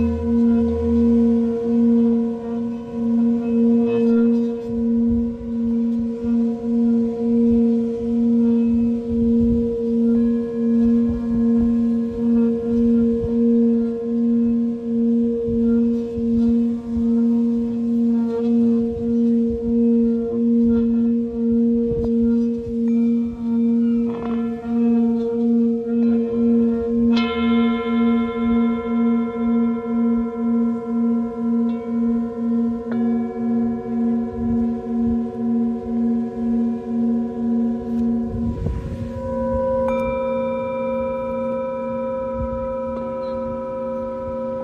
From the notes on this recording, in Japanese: シンギングボウルの音に加え波の音 風の音 誰かのかけてる音楽 話し声など